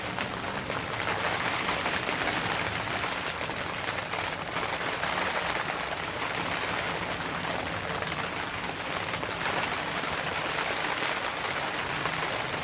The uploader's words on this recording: Relaxing Outdoors Sounds Rain Falling on a Tent.